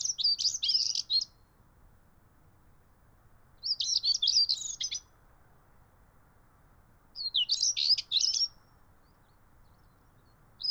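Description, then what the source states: European stonechat singing brief jangly, scratchy phrases about every three and a half seconds, high rapid notes over a quiet hiss. Male singing at Kennemerduinen, Noord-Holland, Netherlands.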